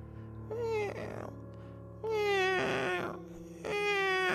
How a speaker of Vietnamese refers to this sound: Con mèo nó kêu. Cái con mèo nó kêu đó mọi người.